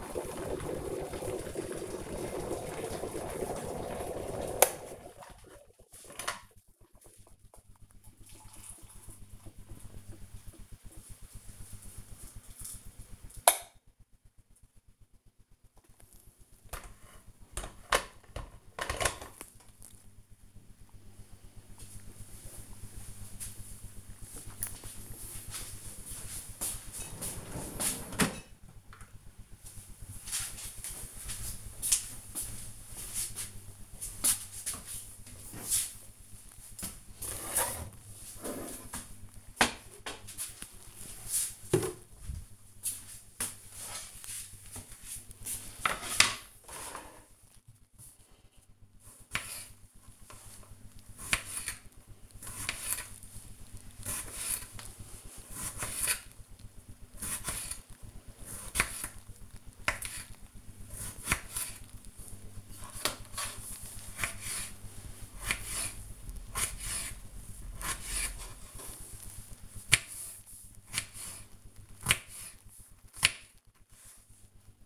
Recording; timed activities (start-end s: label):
household activities, microphone on the right wrist
0.00-24.47 s: making tea
47.62-74.86 s: cutting vegetables